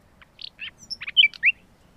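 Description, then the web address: Common nightingale giving a short broken phrase of varied chirps and whistled notes. "agykontroll Madardalok Cd 2. Fülemüle"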